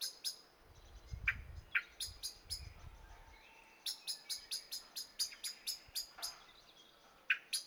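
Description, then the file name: Common blackbird calls: bursts of hard, high clicks in quick runs separated by short pauses, plus several lower chucks; low rumble early on. "Turdus merula"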